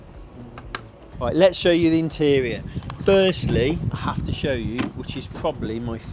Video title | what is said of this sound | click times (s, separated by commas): How to Wash Matte Paint + PPF - Lamborghini STO | and then to close it all you do press it and it gives you a satisfying click | 0.6 s, 0.8 s